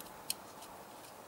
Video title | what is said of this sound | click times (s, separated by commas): The NiteSite Dark Ops field review (part HD) | it in, and you hear it click like that. | 0.3 s